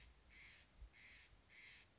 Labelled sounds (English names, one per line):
Steller's Jay